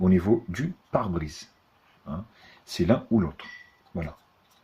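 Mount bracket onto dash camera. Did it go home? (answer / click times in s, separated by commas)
no / none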